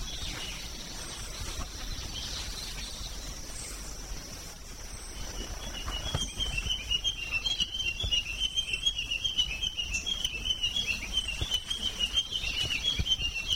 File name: sikatan matinan